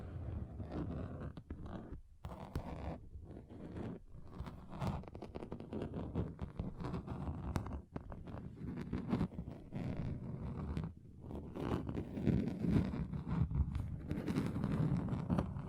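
Fingers tap on a table, moving across different surfaces in quick, uneven bursts of dull knocks. The taps are mostly low and woody, packed densely with brief gaps near two, four, eight and eleven seconds, growing fuller and busier toward the end.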